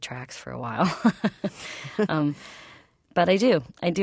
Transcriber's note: soundbite of laughter